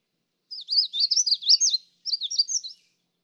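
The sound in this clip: Magnolia warbler singing two short phrases of quick, high, wavering whistled notes, the second phrase briefer, separated by a brief pause.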